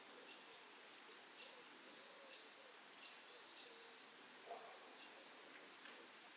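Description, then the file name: Eurasian blue tit giving short, thin, high calls, repeated about once a second, faint against a steady background hiss. "Cyanistes caeruleus"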